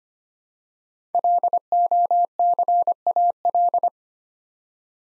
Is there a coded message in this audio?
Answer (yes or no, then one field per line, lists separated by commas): yes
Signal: Morse code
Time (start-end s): 1.1-3.9 s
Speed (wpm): 25 wpm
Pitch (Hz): 700 Hz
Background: none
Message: LOCAL